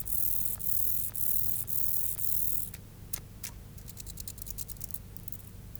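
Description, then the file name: Mottled grasshopper song: several hissing buzzes of about half a second, then scattered quieter ticks and clicks as the sound fades out. "Myrmeleotettix maculatus"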